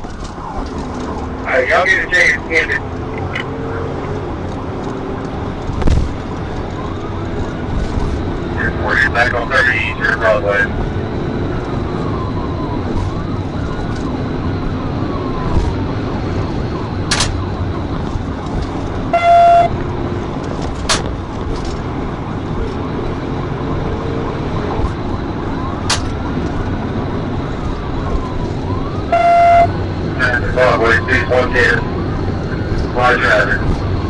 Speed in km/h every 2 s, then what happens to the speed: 121, 138, 150, 158, 156, 166, 171, 179, 148, 155, 156, 169, 169, 175, 180, 185, 187.
0-13 speeds up to 179. 13-17 brakes to 148. 17-32 speeds up to 187.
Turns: none.